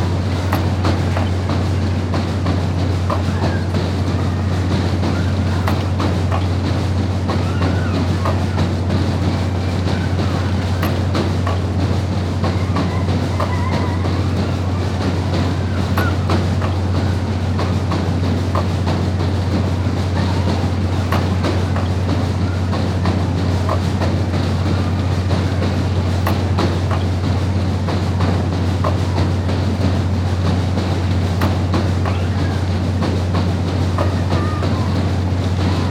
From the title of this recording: Choo Choo - Ambient Noise